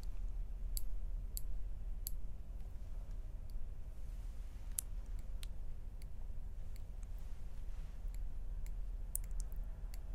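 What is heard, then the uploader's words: Personal attention triggers: a steady low hum sits underneath while short, bright clicks and taps pop out irregularly, a few every second or so, some sharper around five and nine seconds. Overall the level stays quiet and even. ASMR 10 Personal Attention Triggers Plucking, Face Touching, Tracing.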